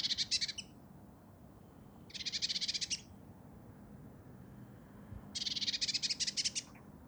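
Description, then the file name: Great tit giving rasping rattles of quick pulsed notes, three bursts of about a second, at irregular gaps. "Parus major"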